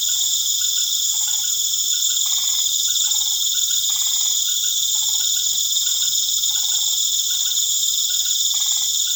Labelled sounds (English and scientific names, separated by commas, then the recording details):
none
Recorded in pastures near Puerto Asís, Putumayo, Colombia, on 12 March 2025 at 19:00
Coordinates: 0.487, -76.322
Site G077